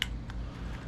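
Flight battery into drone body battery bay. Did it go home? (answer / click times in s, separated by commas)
yes / 0.0 s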